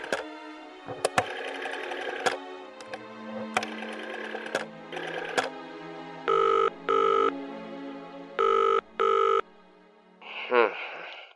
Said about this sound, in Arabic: الهاتف الحكومي الأسود البارد. أدير القرص.